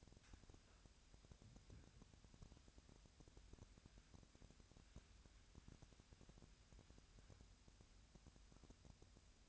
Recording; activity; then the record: daily activity, microphone in the room; wipe stove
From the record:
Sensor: 2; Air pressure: 1006.9 hPa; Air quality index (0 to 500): 199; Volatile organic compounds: 14 ppm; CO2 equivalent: 2443 ppm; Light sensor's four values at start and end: 10/23/10/10 and 9/23/9/10